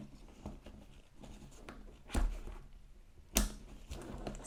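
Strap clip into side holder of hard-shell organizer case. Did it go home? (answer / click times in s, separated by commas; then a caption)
yes / 3.4 s. A shoulder strap's metal or plastic clip is pushed onto the holder on the second side of a Luxtude hard-shell tech organizer case, with light handling rustles and a duller knock at about 2.2 s. The clip snaps into the holder with a sharp click at 3.4 s and is seated, followed by quieter handling sounds.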